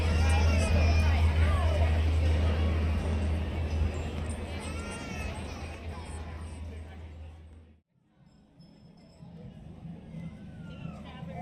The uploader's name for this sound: Oga's Cantina (Disneyland) Binaural Ambience